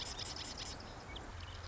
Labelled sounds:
Marsh Wren (Cistothorus palustris)
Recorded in Sonoma County, California

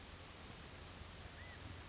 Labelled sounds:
California Quail (Callipepla californica)
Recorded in Sonoma County, California

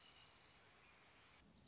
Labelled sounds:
Dark-eyed Junco (Junco hyemalis)
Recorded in Sonoma County, California

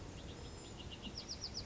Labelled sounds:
Bewick's Wren (Thryomanes bewickii)
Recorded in Sonoma County, California

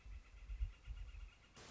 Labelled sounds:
Northern Flicker (Colaptes auratus)
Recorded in Sonoma County, California

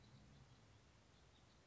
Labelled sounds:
House Finch (Haemorhous mexicanus)
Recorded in Sonoma County, California

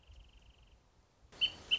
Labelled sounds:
Wrentit (Chamaea fasciata)
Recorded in Sonoma County, California

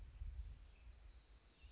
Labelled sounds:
House Wren (Troglodytes aedon)
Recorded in Sonoma County, California

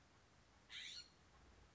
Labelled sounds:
California Scrub-Jay (Aphelocoma californica)
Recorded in Sonoma County, California

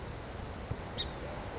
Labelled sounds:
Song Sparrow (Melospiza melodia)
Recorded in Sonoma County, California

